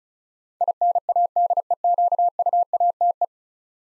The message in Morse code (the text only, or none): INADEQUATE